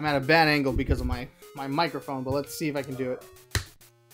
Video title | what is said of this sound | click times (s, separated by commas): Jurassic World Hammond Collection Outhouse Chaos Unboxing | there you go there's a click and now | 3.6 s